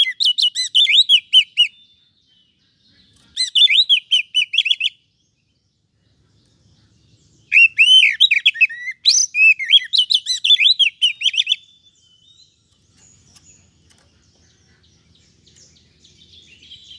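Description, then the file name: Oriental magpie-robin song in three bursts of bright, varied whistles and warbles separated by short pauses, ending with soft scratchy high notes. "Suara-Kacer-Versi-1"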